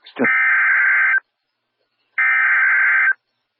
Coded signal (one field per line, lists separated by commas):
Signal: Emergency Alert System (SAME) tones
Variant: header bursts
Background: speech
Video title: Fire Warning on WXK38 (2/27/2024) (EAS #2853)